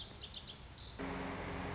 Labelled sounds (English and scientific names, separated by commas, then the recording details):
Lazuli Bunting (Passerina amoena)
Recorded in Sonoma County, California